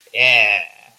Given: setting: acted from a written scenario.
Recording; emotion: vocal sound without words; pride